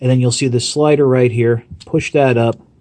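Someone talks while handling the head-raising slider on the torso of a transforming toy robot, pointing out the plastic slider and starting to push it up. Nothing has seated or clicked yet, so the head has not been raised.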